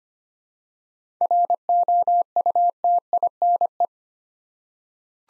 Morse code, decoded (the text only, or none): ROUTINE